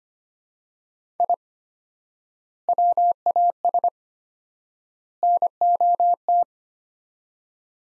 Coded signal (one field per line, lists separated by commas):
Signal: Morse code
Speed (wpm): 25 wpm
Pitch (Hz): 700 Hz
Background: none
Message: I WAS NOT